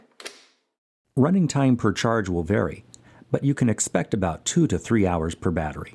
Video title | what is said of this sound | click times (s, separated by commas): SeeSnake LT-1000 | power the unit with a battery slide a charged battery into the battery dock until it clicks into position | 0.2 s